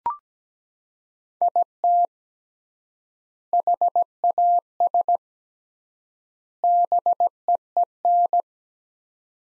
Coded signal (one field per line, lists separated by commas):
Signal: Morse code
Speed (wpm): 17 wpm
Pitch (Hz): 700 Hz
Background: none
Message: IT HAS BEEN